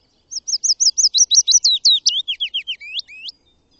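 Bird song: a fast run of high, slurred whistled notes, starting thin and level, then swooping down into lower curved notes, about three seconds long, over a silent background.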